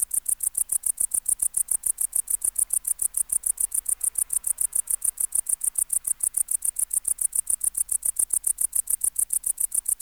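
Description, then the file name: Tettigonia hispanica bush-cricket song: a steady run of short, high, hissing syllables, several each second, continuing without a break. "Tettigonia hispanica"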